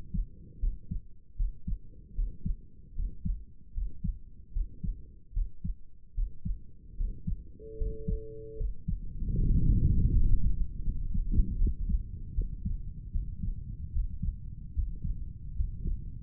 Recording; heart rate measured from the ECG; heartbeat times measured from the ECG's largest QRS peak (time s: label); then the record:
heart sounds by stethoscope; 76 bpm
0.59 s: heartbeat
1.36 s: heartbeat
2.14 s: heartbeat
2.94 s: heartbeat
3.73 s: heartbeat
4.52 s: heartbeat
5.33 s: heartbeat
6.14 s: heartbeat
6.96 s: heartbeat
7.77 s: heartbeat
8.56 s: heartbeat
9.36 s: heartbeat
10.10 s: heartbeat
10.82 s: heartbeat
11.57 s: heartbeat
12.33 s: heartbeat
13.11 s: heartbeat
13.91 s: heartbeat
14.73 s: heartbeat
15.54 s: heartbeat
From the record:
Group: healthy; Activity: rest 0-9 s, Valsalva maneuver 9-16 s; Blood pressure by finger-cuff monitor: 108/73 mmHg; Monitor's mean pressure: 79 mmHg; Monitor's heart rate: 75 bpm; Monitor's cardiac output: 6.4 L/min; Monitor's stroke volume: 85 mL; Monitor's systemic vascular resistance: 930 dyn s/cm5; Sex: male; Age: 35 years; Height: 180 cm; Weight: 86.9 kg